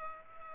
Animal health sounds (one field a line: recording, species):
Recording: mosquito wingbeat signal from an infrared sensor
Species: Culex pipiens